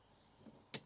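A motorhome cab window is pushed outward, and its stay clip on the window frame clicks into the next detent, holding the window further open. After a faint low bump near 0.5 s, a single sharp, bright click lands at 0.7 s, showing the clip has seated in its next position.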